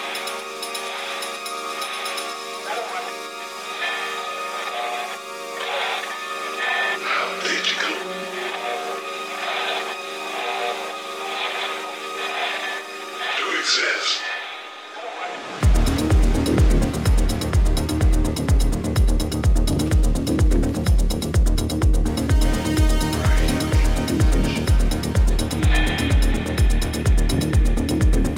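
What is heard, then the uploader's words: Sounds from a Day of the Dead event in Tucson, Arizona. The first half holds steady tones with voices and brief bright clatters near 7 and 13 seconds. Around 15 seconds a loud, heavy pulsing beat takes over, thumping regularly to the end. Day of the Dead, Tucson Arizona.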